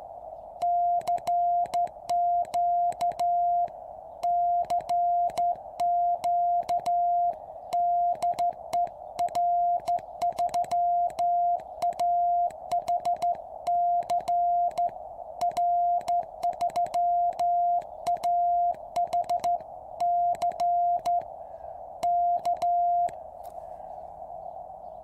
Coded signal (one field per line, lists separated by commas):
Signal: Morse code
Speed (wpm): 13 wpm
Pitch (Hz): 700 Hz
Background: music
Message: CQ CQ DE R3AHC R3AHC K